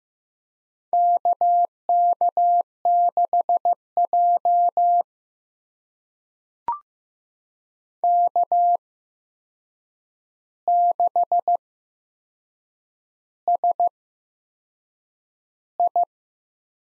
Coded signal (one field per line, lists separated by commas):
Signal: Morse code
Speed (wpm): 15 wpm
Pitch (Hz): 700 Hz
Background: none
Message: KK6J K6SI